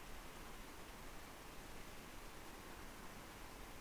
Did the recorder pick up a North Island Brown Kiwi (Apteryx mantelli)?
no